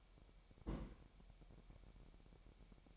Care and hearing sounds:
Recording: daily activity, microphone in the room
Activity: place on stove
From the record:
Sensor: 1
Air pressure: 1012.1 hPa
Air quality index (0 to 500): 220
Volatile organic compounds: 5 ppm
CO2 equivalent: 1757 ppm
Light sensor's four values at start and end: 66/156/65/67 and 66/156/65/67

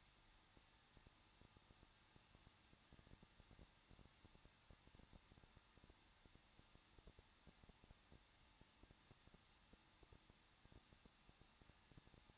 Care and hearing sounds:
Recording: daily activity, microphone in the room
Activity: no activity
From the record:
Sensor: 3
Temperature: 21.2 degrees Celsius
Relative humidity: 36.3%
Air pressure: 1006.3 hPa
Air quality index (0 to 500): 221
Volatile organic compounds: 40 ppm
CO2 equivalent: 3151 ppm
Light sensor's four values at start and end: 2/3/2/2 and 2/3/2/2

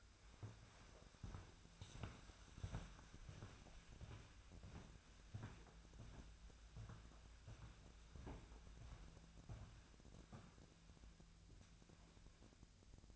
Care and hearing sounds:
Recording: daily activity, microphone in the room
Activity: walk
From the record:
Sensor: 2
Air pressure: 1008.3 hPa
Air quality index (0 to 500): 180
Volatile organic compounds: 10 ppm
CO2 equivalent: 2214 ppm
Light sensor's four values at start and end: 15/36/15/16 and 15/36/15/16

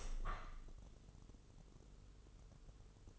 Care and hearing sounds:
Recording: daily activity, microphone in the room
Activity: open window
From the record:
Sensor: 4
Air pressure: 996.5 hPa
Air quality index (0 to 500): 76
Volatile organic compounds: 3 ppm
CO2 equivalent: 1430 ppm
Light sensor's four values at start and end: 19/53/20/22 and 20/54/21/22

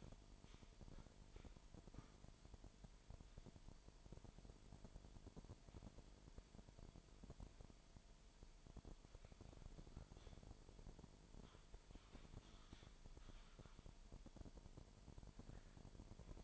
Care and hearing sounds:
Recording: daily activity, microphone in the room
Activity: typing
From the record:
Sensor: 5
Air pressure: 1002.1 hPa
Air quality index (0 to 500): 228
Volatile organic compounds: 30 ppm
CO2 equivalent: 2960 ppm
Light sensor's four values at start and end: 10/24/10/11 and 10/24/10/11

